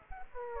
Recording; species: mosquito wingbeat signal from an infrared sensor; Aedes aegypti